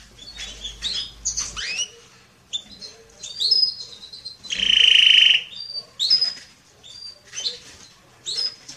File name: Canary Voice